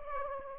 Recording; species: mosquito wingbeat signal from an infrared sensor; Aedes aegypti